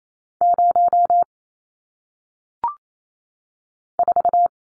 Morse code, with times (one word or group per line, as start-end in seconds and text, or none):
0.4-1.2 0
4.0-4.5 4